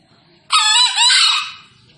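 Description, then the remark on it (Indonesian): A wild junglefowl, about 1 meter away, gives one loud, harsh crowing call lasting about a second, its raspy voice breaking into two strained phrases before trailing off into quiet. “Panggilan Ayam Hutan Liar”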